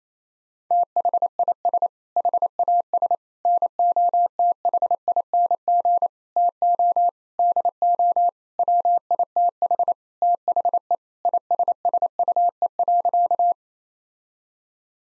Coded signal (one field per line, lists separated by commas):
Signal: Morse code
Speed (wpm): 28 wpm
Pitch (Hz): 700 Hz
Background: none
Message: THIS HAS NOTHING TO DO WITH THE ISSUE.